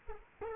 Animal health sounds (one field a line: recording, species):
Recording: mosquito wingbeat signal from an infrared sensor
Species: Culex quinquefasciatus